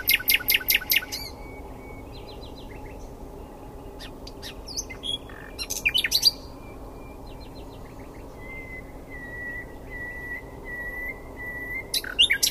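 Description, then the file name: Common nightingale song: rapid repeated notes, scattered clicks and short chirps, then long, drawn-out level whistles repeated with short gaps, ending in another sharp burst. "Luscinia megarhynchos"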